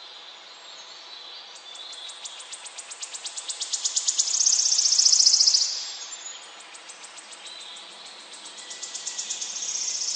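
A bird sings a high, rapid buzzing trill that swells to a loud peak around the middle, fades, then starts again and builds toward the end. Underneath is a faint, steady hiss with nothing deep or low.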